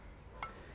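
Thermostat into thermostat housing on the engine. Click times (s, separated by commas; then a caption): 0.4 s. A new thermostat is fitted into the thermostat housing on an engine, with a tab lined up to the indentation on the thermostat. It snaps and locks into place with a short, sharp click at 0.4 s over a steady high-pitched background hum.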